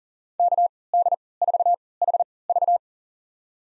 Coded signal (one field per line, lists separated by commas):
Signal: Morse code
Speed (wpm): 40 wpm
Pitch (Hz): 700 Hz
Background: none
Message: KD4HV